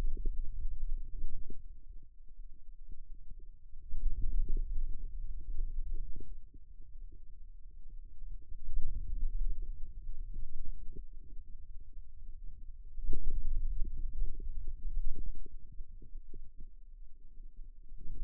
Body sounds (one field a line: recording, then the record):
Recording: forearm muscle sounds (acoustic myography)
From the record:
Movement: finger pinch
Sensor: system 2, bracelet of six BSWA MPA416 microphones around the upper forearm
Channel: 5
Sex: male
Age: 22 years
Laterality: right